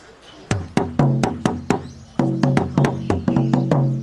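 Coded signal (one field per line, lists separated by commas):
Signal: talking drum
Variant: Asante atumpan drums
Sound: about 15 wooden drum strokes with low high-and-low bending pitches in speech rhythm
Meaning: Drums the Asante Kotoko saying: kill a thousand, a thousand will come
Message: Asante Kotoko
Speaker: You kill thousand will come. Asante Kotoko. So that's the great Asante saying, isn't it?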